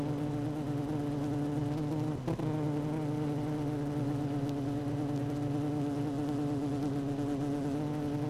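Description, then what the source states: Honey bees humming in a hive, a steady droning buzz with even layered tones and a brief knock partway through. Hive 1 with its queen, recorded 12 June 2018 at 16:30.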